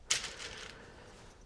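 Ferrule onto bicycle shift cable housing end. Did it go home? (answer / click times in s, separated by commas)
yes / 0.1 s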